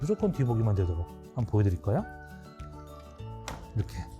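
Someone talks while handling the rotation lock on a rotating child car seat base, engaging it so the seat cannot turn forward-facing and stays rear-facing only, with steady background music throughout. A sharp hit is heard at about 3.5 seconds, but nothing has seated or clicked yet when the clip ends.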